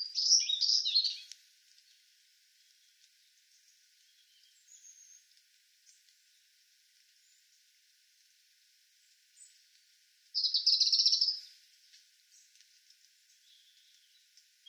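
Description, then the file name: European robin gives two brief high, bright warbling bursts, one at the start and one about ten seconds later, with near silence and faint hiss between. "Erithacus rubecula"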